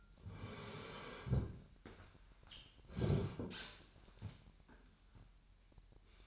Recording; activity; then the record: daily activity, microphone in the room; sit down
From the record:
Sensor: 2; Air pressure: 998.5 hPa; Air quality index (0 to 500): 126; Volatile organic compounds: 3 ppm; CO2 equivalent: 1422 ppm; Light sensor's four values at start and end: 5/12/5/6 and 6/14/6/6